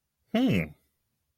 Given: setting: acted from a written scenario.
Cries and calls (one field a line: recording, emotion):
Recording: vocal sound without words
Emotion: interest